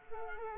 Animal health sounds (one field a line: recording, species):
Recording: mosquito wingbeat signal from an infrared sensor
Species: Culex quinquefasciatus